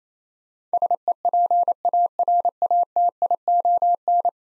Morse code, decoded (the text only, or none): SEPARATION